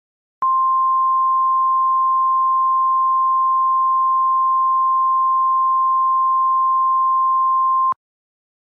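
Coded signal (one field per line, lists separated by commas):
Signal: Emergency Alert System (SAME) tones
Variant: 1050 Hz attention tone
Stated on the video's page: Fictional scenario alert about Smile Dog.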